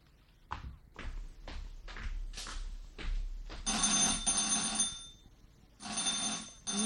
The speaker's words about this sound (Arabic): أمال يعني نسيبه يزعجنا كده ويضرب لنا التليفون 50 مرة في اليوم؟